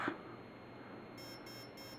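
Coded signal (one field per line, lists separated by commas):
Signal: beep code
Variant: Align ESC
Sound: a click, quiet hiss, then three short evenly spaced electronic beeps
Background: room hiss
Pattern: 3 short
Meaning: Third programming mode: voltage cutoff setting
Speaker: so now it's going to go three beeps for the third mode which is the cutoff one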